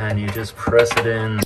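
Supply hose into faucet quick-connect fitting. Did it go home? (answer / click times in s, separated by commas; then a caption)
no / none. A faucet supply hose, with its protective tip removed, is handled at a quick-connect fitting while someone talks. Nothing has seated or clicked yet.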